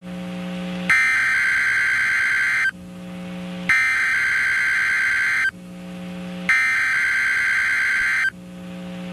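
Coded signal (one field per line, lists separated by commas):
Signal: Emergency Alert System (SAME) tones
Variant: header bursts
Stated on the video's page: Required weekly test EAS tones from NOAA weather radio station in Waco, Texas.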